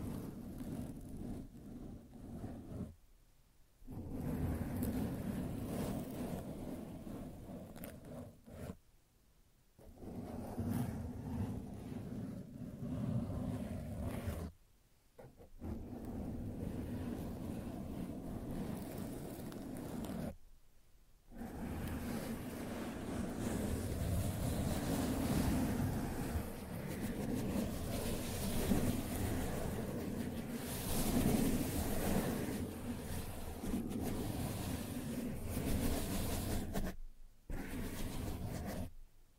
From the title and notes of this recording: ASMR Sensitive Tracing (No Talking).